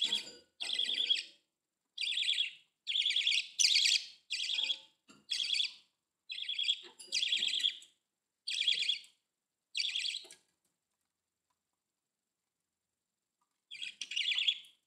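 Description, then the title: Budgerigar chirping in a run of short buzzy bursts in quick succession, then a long pause before a final burst. "Budgie Sounds"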